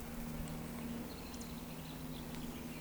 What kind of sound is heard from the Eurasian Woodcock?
whistle